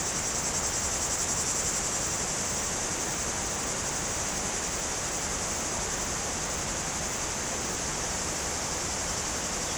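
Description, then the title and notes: Cicada chorus, a continuous shrill buzz held level throughout, with a rush of water underneath. Cicadas very active in trees on a hot day, slopes of the Grand Colombier above Culoz, France, near the Jourdan river. "Chem. de Romagnieux, 01350 Culoz, France - Rivière et cigales. Sur les pentes du Grand Colombier au dessus de Culoz , par cette chaude journée les cigales sont très actives dans les arbres près du Jourdan"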